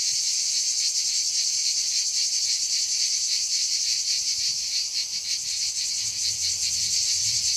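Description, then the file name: Cicada song, a dense continuous buzzing with a quick, somewhat uneven throb. "CHANT CIGALE"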